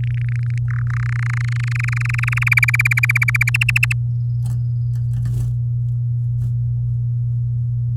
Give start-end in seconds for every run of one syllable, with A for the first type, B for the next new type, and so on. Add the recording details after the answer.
0.00-0.58 A, 0.68-2.49 B, 2.51-3.50 C, 3.54-3.93 D. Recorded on 6 May 2018 at 05:36. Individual llb16